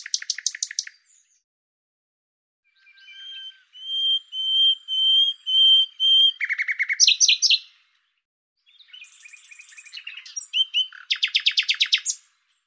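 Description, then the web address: Bird calling with quick chirp series, a run of clear whistled notes repeated about twice a second, then mixed chattering trills and a fast buzzy rattle at the close. "Deverinetal 2025"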